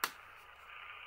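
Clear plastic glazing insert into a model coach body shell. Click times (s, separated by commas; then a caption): 0.0 s. A clear plastic window glazing insert is pushed back into the body shell of a Hornby R40174 BR Mk3 LSL Midland Pullman M40802 model railway coach while correcting a whited-out window. It snaps into place with one sharp, short click at 0.0 s, followed by a faint steady hiss. The glazing is seated with a nice click fit.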